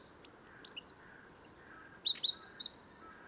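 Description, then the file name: Eurasian wren song: a fast, high-pitched burst of varied sharp notes running into a rapid, even trill, then more bright chirps. "Troglodytes troglodytes"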